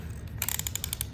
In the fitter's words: and tighten it up by hand. And you can hear the clicks and it's